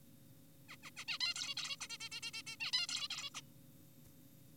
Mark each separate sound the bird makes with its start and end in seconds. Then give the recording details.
0.69-0.76, 0.83-0.90, 0.97-1.05, 1.08-1.18, 1.21-1.34, 1.36-1.54, 1.57-1.76, 1.81-1.87, 1.90-1.98, 2.00-2.09, 2.12-2.20, 2.23-2.31, 2.34-2.42, 2.47-2.56, 2.60-2.72, 2.73-2.87, 2.89-3.08, 3.10-3.30, 3.35-3.41. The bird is an adult. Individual g4p5U